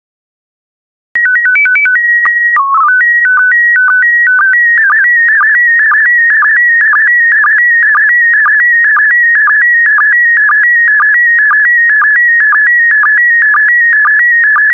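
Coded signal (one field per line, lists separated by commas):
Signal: SSTV (slow-scan television)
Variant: PD120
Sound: brief header tones, then steady warbling tone with regular low sync chirps twice a second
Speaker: Get ready. Starting transmission in 5, 4, 3, 2, 1. Transmission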